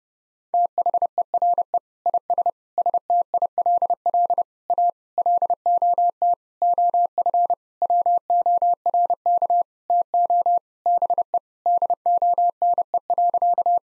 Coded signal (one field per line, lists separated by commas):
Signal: Morse code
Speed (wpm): 32 wpm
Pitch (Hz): 700 Hz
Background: none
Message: THERE IS STILL A LOT OF WORK TO BE DONE.